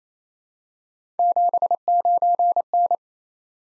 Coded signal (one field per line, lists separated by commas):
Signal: Morse code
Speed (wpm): 27 wpm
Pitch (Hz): 700 Hz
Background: none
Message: 79N